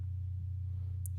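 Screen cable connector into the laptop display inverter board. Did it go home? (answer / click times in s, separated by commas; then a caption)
yes / 1.1 s. While reassembling the screen of a Dell Inspiron 1521 laptop during a back cover replacement, a cable is plugged into the connector on the inverter board at the bottom of the display. A steady low hum runs throughout, and a short, sharp high-pitched click sounds at 1.1 s. The connector snaps in and is seated.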